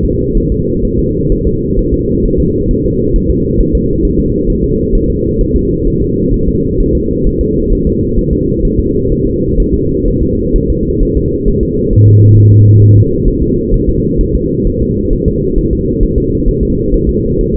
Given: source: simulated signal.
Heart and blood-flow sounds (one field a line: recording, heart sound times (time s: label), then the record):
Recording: fetal heart sounds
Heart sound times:
0.05 s: S2
0.37 s: S1
0.52 s: S2
0.85 s: S1
0.99 s: S2
1.32 s: S1
1.47 s: S2
1.79 s: S1
1.94 s: S2
2.25 s: S1
2.40 s: S2
2.71 s: S1
2.86 s: S2
3.16 s: S1
3.30 s: S2
3.60 s: S1
3.75 s: S2
4.05 s: S1
4.19 s: S2
4.50 s: S1
4.64 s: S2
4.95 s: S1
5.10 s: S2
5.41 s: S1
5.56 s: S2
5.88 s: S1
6.02 s: S2
6.34 s: S1
6.48 s: S2
6.80 s: S1
6.95 s: S2
7.27 s: S1
7.41 s: S2
7.73 s: S1
7.87 s: S2
8.19 s: S1
8.33 s: S2
8.65 s: S1
8.79 s: S2
9.12 s: S1
9.27 s: S2
9.60 s: S1
9.74 s: S2
10.08 s: S1
10.22 s: S2
10.56 s: S1
10.70 s: S2
11.03 s: S1
11.17 s: S2
11.48 s: S1
11.63 s: S2
11.93 s: S1
12.08 s: S2
12.38 s: S1
12.52 s: S2
12.82 s: S1
12.97 s: S2
13.28 s: S1
13.42 s: S2
13.74 s: S1
13.89 s: S2
14.21 s: S1
14.35 s: S2
14.67 s: S1
14.82 s: S2
15.13 s: S1
15.28 s: S2
15.58 s: S1
15.73 s: S2
16.03 s: S1
16.18 s: S2
16.48 s: S1
16.63 s: S2
16.94 s: S1
17.09 s: S2
17.41 s: S1
17.55 s: S2
From the record:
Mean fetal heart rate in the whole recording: 130 bpm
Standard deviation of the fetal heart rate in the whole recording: 4 bpm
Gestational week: 38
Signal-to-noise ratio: -10.2 dB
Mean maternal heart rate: 72 bpm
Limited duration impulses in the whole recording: present